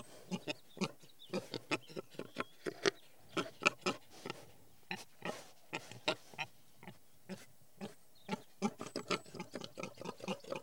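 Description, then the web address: Pigs grunting steadily in rapid, gruff pulses, often in runs of two or three. "The BBC Sound Effects Library (Animals Birds) Pigs"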